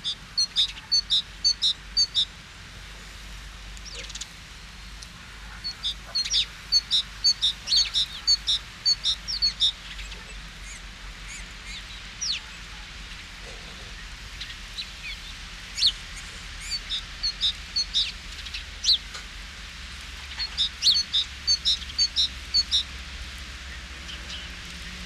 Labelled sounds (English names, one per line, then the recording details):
Great Tit song
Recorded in the wild
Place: Oberstdorf, Bayern, DE
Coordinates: 47.4436, 10.2944
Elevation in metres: 849
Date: 1978-03-19
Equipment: Uher 4000 Report
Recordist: Tretzel, Erwin